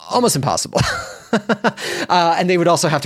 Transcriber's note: laughter